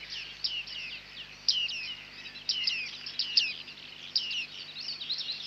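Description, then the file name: Bearded reedling calls: continuous high twittering with sharper metallic pings about once a second. "Bearded Tit (Panurus biarmicus)"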